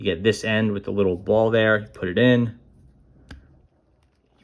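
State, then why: Seated. Someone talks while pushing a short international plastic ink cartridge, ball end first, onto the feed nipple inside a fountain pen's section. A single sharp click is heard at 3.3 s as the cartridge pops into place and seats.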